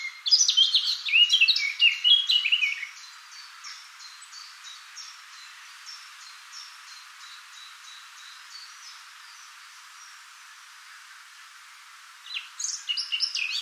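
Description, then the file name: Eurasian blackcap song: a loud chattering warble for about three seconds, then faint repeated notes in the background, and a fresh burst of warbling near the end. "Sylvia atricapilla"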